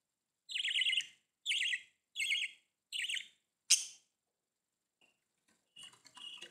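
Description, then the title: Budgerigar calls, four buzzy warbled chirps at about one per second, then a sharp squawk and faint chatter. "Budgie Sounds"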